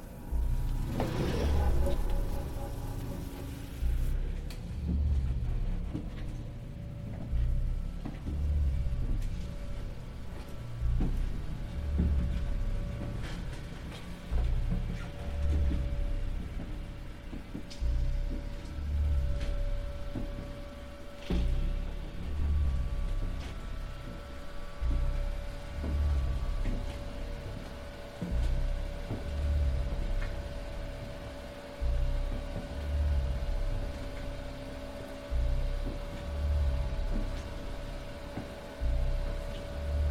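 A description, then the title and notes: Footsteps fall in a slow, even rhythm through a passageway over a steady low hum, with a faint electronic tone holding underneath. The Ambient Spaceship Soundscape. Connecting these are various sections of passageways, walking on soft and hard textured surfaces, and various computer-controlled monitors and timers heard along the way.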